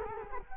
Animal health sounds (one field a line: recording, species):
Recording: mosquito wingbeat signal from an infrared sensor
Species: Culex quinquefasciatus